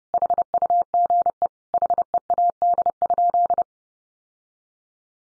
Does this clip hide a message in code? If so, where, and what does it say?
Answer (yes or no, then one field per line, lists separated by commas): yes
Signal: Morse code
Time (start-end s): 0.1-3.6 s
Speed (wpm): 30 wpm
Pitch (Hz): 700 Hz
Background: none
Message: HUGE HEAD?